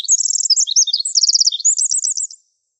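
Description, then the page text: Pacific wren song: a rapid, high tumbling cascade of tinkling trills and buzzy rattles, shifting pitch in fast runs, then stopping abruptly after about two and a half seconds. Recorded in coniferous forest. "Coniferous Forest Pacific Wren. Quick Sounds"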